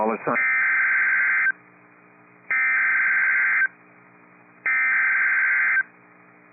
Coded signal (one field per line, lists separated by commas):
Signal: Emergency Alert System (SAME) tones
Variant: header bursts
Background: speech